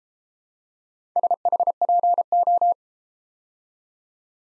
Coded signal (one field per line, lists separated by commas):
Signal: Morse code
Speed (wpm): 33 wpm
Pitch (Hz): 700 Hz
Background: none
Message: SHPO